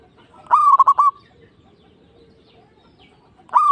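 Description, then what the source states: Zebra dove song with a quick stuttering coo of several beats, then a pause before another phrase starts. Local (lokal) zebra dove, singing.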